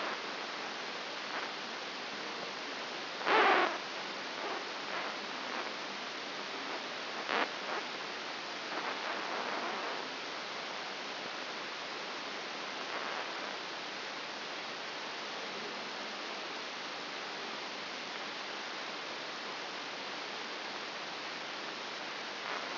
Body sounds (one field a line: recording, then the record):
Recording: brain microelectrode recording played as sound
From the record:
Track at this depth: outside the subthalamic nucleus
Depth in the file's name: 6.501 mm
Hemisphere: left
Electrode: 2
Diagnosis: Parkinson's disease